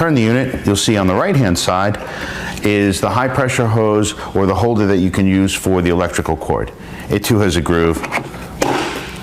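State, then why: Seated. A plastic high-pressure hose or electrical cord holder is fitted onto the right-hand side of a Sun Joe electric pressure washer body while someone talks. It snaps into place with a sharp click at 8.6 s, and the holder is seated.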